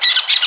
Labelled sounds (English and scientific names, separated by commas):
Brown-throated Parakeet (Eupsittula pertinax) contact call